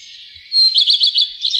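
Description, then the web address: Common redstart phrase fragment: a thin high whistle followed by a rapid string of several clear, slightly rolling notes. "fuglelyder- roedstjert"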